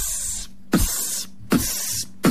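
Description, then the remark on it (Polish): A voice beatboxes an imitation of a mosquito repellent spray: three evenly spaced bursts of bright, steady hiss, each opening with a soft low puff and cutting off abruptly, with no talking. “A ja pokażę wam, jaki beatbox można robić na wakacjach. Na przykład ten dźwięk sprayu na komary.”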